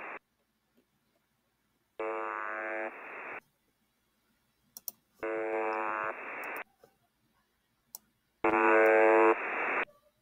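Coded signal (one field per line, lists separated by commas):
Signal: channel marker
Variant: UVB-76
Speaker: let me get the buzzer going and because you know things are happening so maybe we'll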